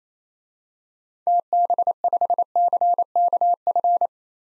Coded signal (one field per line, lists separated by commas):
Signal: Morse code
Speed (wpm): 28 wpm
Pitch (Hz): 700 Hz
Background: none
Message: TB5CKF